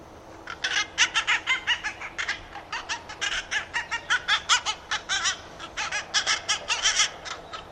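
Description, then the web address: Bird giving rapid clucking calls, harsh harmonic notes repeated several times a second in uneven bursts over steady low background hiss. "Bird Only"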